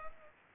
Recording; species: mosquito wingbeat signal from an infrared sensor; Culex pipiens